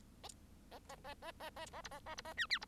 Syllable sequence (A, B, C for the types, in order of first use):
A A A A A A A B A A B A C D B